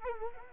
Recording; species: mosquito wingbeat signal from an infrared sensor; Culex quinquefasciatus